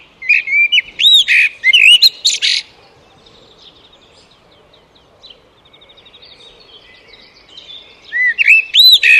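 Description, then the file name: Eurasian blackbird singing mellow fluted phrases ending in squeaky twitters, a second burst near the end, with faint chatter between. "Turdus merula"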